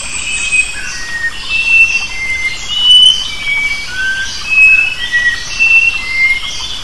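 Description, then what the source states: Sooty-capped babbler whistled calls: short, clear notes at slightly varying pitches, given about once a second, over a dense hissing background. Recorded on 23 January 2005.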